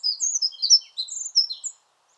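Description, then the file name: Eurasian wren song fragment: a brief burst of high, quick, sharp notes and short warbles lasting under two seconds, then silence. "Troglodytes troglodytes"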